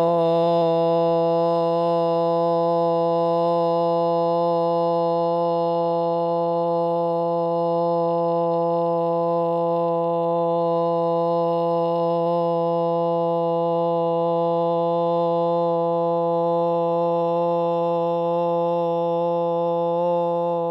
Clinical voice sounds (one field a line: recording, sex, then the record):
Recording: sustained vowel /o/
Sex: female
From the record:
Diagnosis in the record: Parkinson's disease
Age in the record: 61 years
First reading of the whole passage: 53 s, 9.7 characters per second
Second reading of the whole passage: 51 s, 10.1 characters per second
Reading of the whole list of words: 49 s, 5.7 characters per second